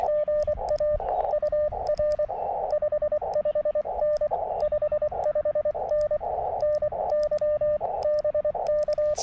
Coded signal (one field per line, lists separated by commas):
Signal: Morse code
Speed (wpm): 24 wpm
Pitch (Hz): 600 Hz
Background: radio noise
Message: GA UR 55N 55N NY BK